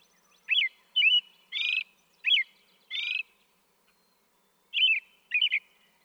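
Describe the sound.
American robin song: rich whistled, slurred notes alternating with harsher buzzy syllables, a short gap, then two more warbled notes.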